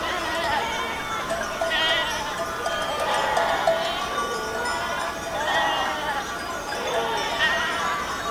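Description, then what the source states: Goats bleating in bursts, wavering calls overlapping. Goats in Akamas, Cyprus.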